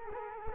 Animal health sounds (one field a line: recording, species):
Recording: mosquito wingbeat signal from an infrared sensor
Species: Culex quinquefasciatus